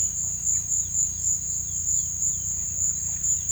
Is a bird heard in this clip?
no